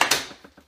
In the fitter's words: wiggle and push and it'll pop into place.